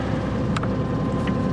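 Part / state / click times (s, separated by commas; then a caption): attachment latch on tractor hitch / seated / 0.6 s. An attachment latch on a tractor hitch, apparently the hitch lock for a sawmill, is pushed down until it locks. Two sharp clicks land close together at 0.6 s over a steady low rumble. The latch is locked into place and good.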